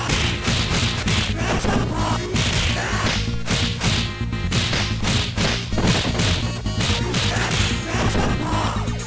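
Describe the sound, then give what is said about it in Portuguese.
Retro video game punch effects from the game Street of Rage, a super move done by pressing twice in either direction plus the punch button: sharp whip-like cracks and thwacks repeat in quick succession over a loud, steady electronic backing, with no talking. “E tinha agora um super golpe. Que é apertando duas vezes pra qualquer lado e o botão de soco, que é o Gastapa!”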